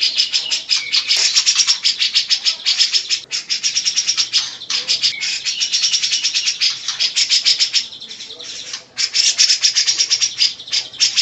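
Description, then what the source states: Grey-cheeked bulbul: a steady, high, scratchy chatter of quick repeated notes, continuing almost without pause. Long-duration master song used to train birds.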